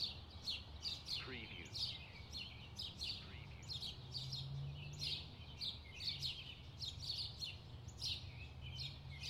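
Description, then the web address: Birds singing: many quick high chirps and short downslurred notes repeating rapidly over a steady low background rumble. Distant birds in a park. "sound-effects-bible Park Birds Distant"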